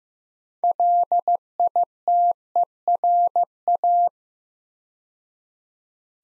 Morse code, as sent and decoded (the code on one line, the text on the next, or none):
.-.. .. - . .-. .-
LITERA